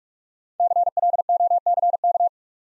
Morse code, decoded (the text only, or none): CLOCK